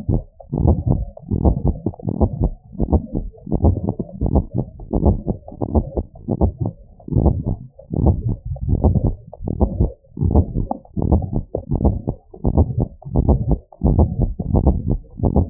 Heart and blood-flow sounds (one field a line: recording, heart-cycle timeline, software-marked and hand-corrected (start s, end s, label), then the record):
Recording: heart sounds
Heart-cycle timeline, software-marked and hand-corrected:
0.01	0.09	systole
0.09	0.21	S2
0.21	0.65	diastole
0.65	0.79	S1
0.79	0.91	systole
0.91	1.03	S2
1.03	1.45	diastole
1.45	1.57	S1
1.57	1.65	systole
1.65	1.75	S2
1.75	2.19	diastole
2.19	2.31	S1
2.31	2.39	systole
2.39	2.51	S2
2.51	2.91	diastole
2.91	3.03	S1
3.03	3.13	systole
3.13	3.23	S2
3.23	3.63	diastole
3.63	3.77	S1
3.77	3.85	systole
3.85	3.93	S2
3.93	4.33	diastole
4.33	4.45	S1
4.45	4.55	systole
4.55	4.65	S2
4.65	5.03	diastole
5.03	5.17	S1
5.17	5.27	systole
5.27	5.37	S2
5.37	5.75	diastole
5.75	5.85	S1
5.85	5.95	systole
5.95	6.03	S2
6.03	6.43	diastole
6.43	6.55	S1
6.55	6.63	systole
6.63	6.73	S2
6.73	7.23	diastole
7.23	7.37	S1
7.37	7.47	systole
7.47	7.57	S2
7.57	8.03	diastole
8.03	8.17	S1
8.17	8.27	systole
8.27	8.37	S2
8.37	8.83	diastole
8.83	8.97	S1
8.97	9.05	systole
9.05	9.15	S2
9.15	9.61	diastole
9.61	9.73	S1
9.73	9.79	systole
9.79	9.91	S2
9.91	10.31	diastole
10.31	10.47	S1
10.47	10.57	systole
10.57	10.67	S2
10.67	11.09	diastole
11.09	11.23	S1
11.23	11.31	systole
11.31	11.41	S2
11.41	11.83	diastole
11.83	11.95	S1
11.95	12.03	systole
12.03	12.13	S2
12.13	12.55	diastole
12.55	12.69	S1
12.69	12.79	systole
12.79	12.89	S2
12.89	13.27	diastole
13.27	13.41	S1
13.41	13.49	systole
13.49	13.61	S2
13.61	13.97	diastole
13.97	14.11	S1
14.11	14.19	systole
14.19	14.31	S2
14.31	14.65	diastole
14.65	14.79	S1
14.79	14.87	systole
14.87	14.97	S2
14.97	15.35	diastole
15.35	15.49	S1
From the record:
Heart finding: normal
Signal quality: good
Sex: female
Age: 77 years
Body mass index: 20.2